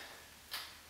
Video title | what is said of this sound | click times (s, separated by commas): MITEE 2.0 Otoscope | till you hear it click like | 0.5 s